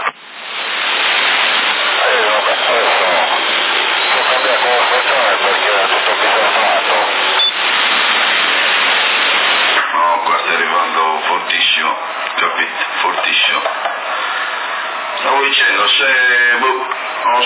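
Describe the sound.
CB radio transmission in Sassari, Italy, June 2012: a thin, band-limited rush of loud static hisses for several seconds, then a voice breaks through, talking in choppy bursts over the steady crackling noise.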